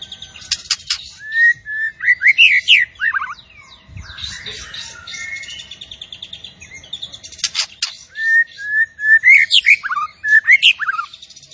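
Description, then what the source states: Zebra finch song mixing clear whistled notes with rapid chirps and trills, softer in the middle, then a lively burst near the end. Actively singing (gacor) songbird, locally called burung tembakan, used for tutoring (masteran).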